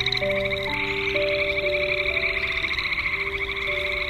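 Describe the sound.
Frogs in a dense chorus of rapid, buzzy pulsed trills overlapping continuously, with steady low tones stepping between pitches underneath like a held melody.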